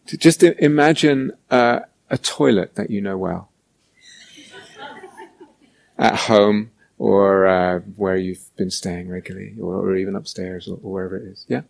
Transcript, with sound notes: Just imagine a toilet that you know well. [laughter] At home, or where you've been staying regularly, or even upstairs, or wherever it is.